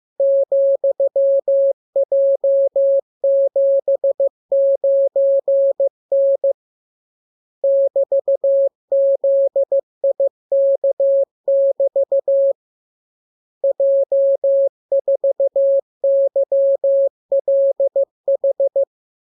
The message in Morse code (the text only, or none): ,J79N <BT>ZIK<BT> J4YLH